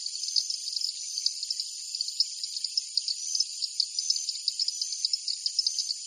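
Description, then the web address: Insects chirp in a dense, steady high-pitched chorus, with rapid pulsing trills layered over a continuous shrill hum; no other sounds stand out. Insects in a jungle at night. "Partners In Rhyme Jungle Night Insects"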